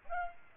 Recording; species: mosquito wingbeat signal from an infrared sensor; Aedes aegypti